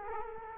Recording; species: mosquito wingbeat signal from an infrared sensor; Culex quinquefasciatus